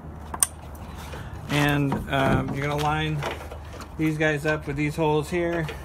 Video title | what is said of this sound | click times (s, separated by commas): Towing Wire Harness Install for Toyota Tacoma 2006 | gonna put the tail light on now same as the other guy you're gonna hear a click and | 0.4 s